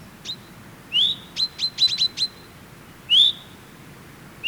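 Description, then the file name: Common chaffinch calls: a few high, upward-slurred notes and a quick burst of sharp, clicky chips, with quiet pauses between. "Fringilla coelebs"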